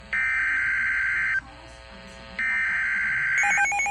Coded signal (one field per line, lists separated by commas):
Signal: Emergency Alert System (SAME) tones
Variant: header bursts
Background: speech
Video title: Severe Thunderstorm Warning (EAS #467)